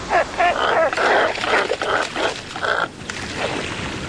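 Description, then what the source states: Cormorant croaking: rough, guttural grunts repeated in quick uneven bursts, with brief pauses between clusters of calls. Cormorants croak at their neighbors while loafing and drying their feathers in the sun.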